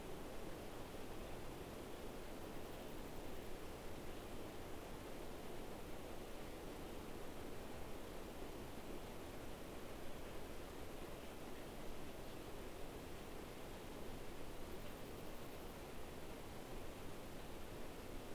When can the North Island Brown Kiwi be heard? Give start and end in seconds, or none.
none